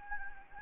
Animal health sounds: mosquito wingbeat signal from an infrared sensor; Anopheles gambiae

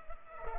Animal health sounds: mosquito wingbeat signal from an infrared sensor; Culex pipiens

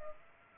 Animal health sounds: mosquito wingbeat signal from an infrared sensor; Culex pipiens

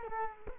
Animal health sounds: mosquito wingbeat signal from an infrared sensor; Culex quinquefasciatus

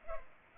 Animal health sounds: mosquito wingbeat signal from an infrared sensor; Culex pipiens

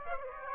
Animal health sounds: mosquito wingbeat signal from an infrared sensor; Aedes aegypti

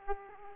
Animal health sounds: mosquito wingbeat signal from an infrared sensor; Aedes aegypti

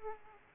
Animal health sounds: mosquito wingbeat signal from an infrared sensor; Aedes aegypti

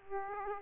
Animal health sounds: mosquito wingbeat signal from an infrared sensor; Aedes aegypti

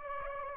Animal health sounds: mosquito wingbeat signal from an infrared sensor; Aedes aegypti

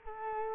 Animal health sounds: mosquito wingbeat signal from an infrared sensor; Culex quinquefasciatus

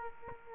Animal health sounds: mosquito wingbeat signal from an infrared sensor; Aedes aegypti

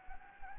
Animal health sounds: mosquito wingbeat signal from an infrared sensor; Anopheles gambiae

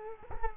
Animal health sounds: mosquito wingbeat signal from an infrared sensor; Culex quinquefasciatus

